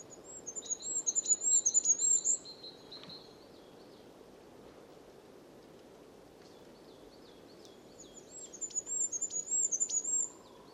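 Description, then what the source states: Goldcrest song: two bouts of very high, thin, rapidly repeated notes, separated by a long quiet gap. Singing among a few spruces in an extremely dry place overgrown with marsh Labrador tea; Europe's smallest bird with the firecrest; high-pitched song not everyone can hear.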